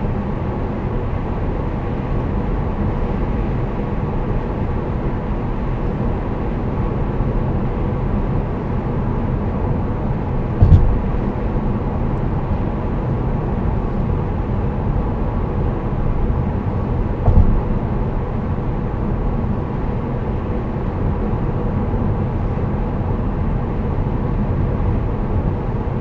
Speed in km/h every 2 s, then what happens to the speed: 101, 98, 99, 98, 96, 96, 96, 95, 95, 94, 95, 94, 92.
0-26 steady at about 96.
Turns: none.